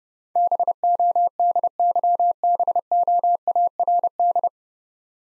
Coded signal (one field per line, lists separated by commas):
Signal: Morse code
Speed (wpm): 29 wpm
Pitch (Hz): 700 Hz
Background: none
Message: BODYBOARD